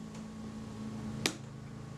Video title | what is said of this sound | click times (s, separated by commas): Kodak Retinette type 022 servicing, part 05 | you felt did you hear that click into place then that's that was the correct position | 1.3 s